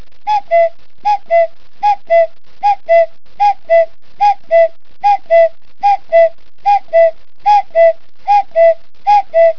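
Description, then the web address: Common cuckoo call, a clean two-note falling cu-coo repeated steadily about every eight-tenths of a second, twelve pairs in all, with no other sounds. Mobile phone ringtone. "allevamentobarbara animali cucu"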